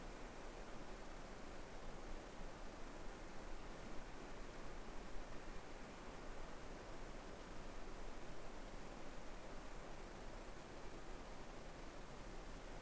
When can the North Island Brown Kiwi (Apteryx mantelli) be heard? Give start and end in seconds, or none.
none